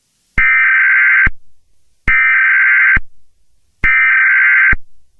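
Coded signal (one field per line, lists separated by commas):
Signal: Emergency Alert System (SAME) tones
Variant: header bursts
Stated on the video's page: Fictional EAS scenario.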